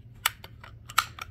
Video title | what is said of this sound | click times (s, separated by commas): LevelMDiecast: Diecast Haul Episode 40 - Tarmac, MiniGT, Hotwheels 2023 N Case, MBX 70th And MM | Little clips on the sides. Snaps right in there. | 0.3 s, 1.0 s